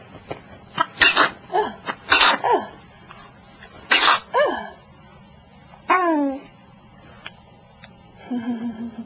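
An adult gives a run of about three sharp, explosive sneezes in quick succession, each a hissing burst followed by a falling voiced tail. A final drawn-out, falling vocal sound follows them, and a faint steady hum sits underneath at the end.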